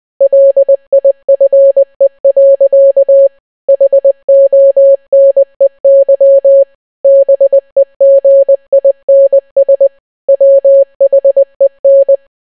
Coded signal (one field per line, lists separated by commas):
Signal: Morse code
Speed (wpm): 20 wpm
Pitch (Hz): 550 Hz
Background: none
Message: LIFE. HONEY BEGINS WHEN